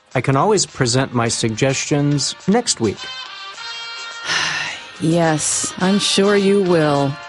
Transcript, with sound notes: I can always present my suggestions next week.
(sighs) Yes, I’m sure you will.